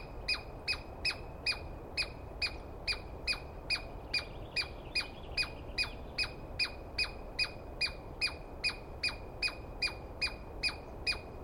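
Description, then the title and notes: Douglas squirrel repeating strident, buzzy squawks steadily, roughly two and a half each second, every note dropping sharply in pitch, over soft low noise. Recorded at dawn on 21 April 2017 in the East Cascades; a squirrel screaming at length, which the recordist, going by its sound, felt fairly sure was a Douglas Pine Squirrel. "Interview With The Chipmunk. On the morning of 21 April, 2017, I set up my microphones and recorder for a nice dawn recording in the East Cascades. I was started awake by a screaming Douglas Pine Squirrel"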